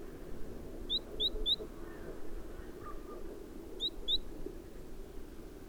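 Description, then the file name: Great tit: three quick, high, thin notes, a pause, then two more, heard faintly over a steady noisy background. "Parus major"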